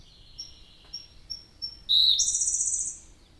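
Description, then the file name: Siberian blue robin: a few quiet high tick notes, then an abrupt, loud, buzzy trilled phrase about a second long. "robin-siberian-blue Larvivora-cyane"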